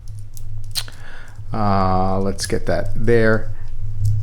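The milled double push-button deployant clasp on the bracelet of an Archimede Outdoor 41 watch is handled and folded toward closing while someone talks, with a few faint light ticks near the start. Nothing has seated or clicked yet.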